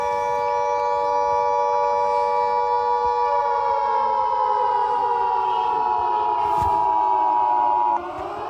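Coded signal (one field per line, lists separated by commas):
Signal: Emergency Alert System (SAME) tones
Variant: 853 and 960 Hz attention tone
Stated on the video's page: Simulated EAS scenario.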